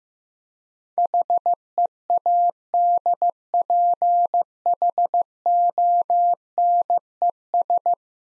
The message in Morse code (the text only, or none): HEADPHONES